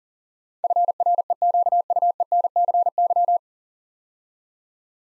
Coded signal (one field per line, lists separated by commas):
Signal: Morse code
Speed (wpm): 38 wpm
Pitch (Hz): 700 Hz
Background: none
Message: FREQUENCY